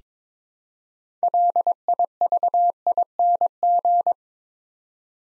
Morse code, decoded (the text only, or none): LIVING